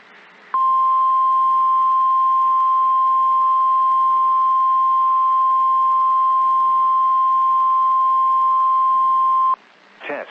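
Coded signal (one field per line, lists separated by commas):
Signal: Emergency Alert System (SAME) tones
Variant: 1050 Hz attention tone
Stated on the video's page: NOAA Weather Radio alert tones from statewide tornado drills in Illinois and Kentucky, issued by several NWS offices.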